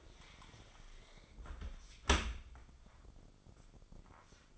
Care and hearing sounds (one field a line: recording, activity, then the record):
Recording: daily activity, microphone in the room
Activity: close dishwasher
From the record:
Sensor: 5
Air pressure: 995.8 hPa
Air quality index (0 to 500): 105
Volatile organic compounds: 7 ppm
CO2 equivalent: 2031 ppm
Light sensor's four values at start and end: 41/98/40/42 and 41/96/40/43